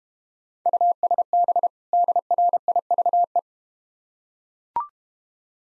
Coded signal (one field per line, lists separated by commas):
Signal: Morse code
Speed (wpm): 32 wpm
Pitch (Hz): 700 Hz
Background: none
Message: USB DRIVE